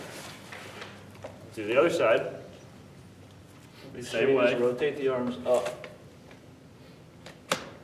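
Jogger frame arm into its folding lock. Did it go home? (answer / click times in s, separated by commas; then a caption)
yes / 7.5 s. Someone talks while the folding frame arm on an ASA jogger is rotated up into its folding lock. A sharp click rings out at 7.5 s as the lock engages and the arm seats, with the pin fully up.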